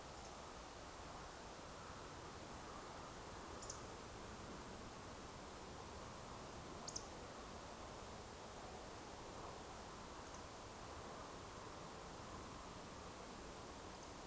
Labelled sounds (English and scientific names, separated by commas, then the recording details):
Eurasian Woodcock (Scolopax rusticola) whistle
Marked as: whistle, whistle, whistle, whistle, whistle
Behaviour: display flight
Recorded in Baden-Württemberg, Germany, on 12 June 2020 at 20:24 UTC
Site 43791, 788 m above sea level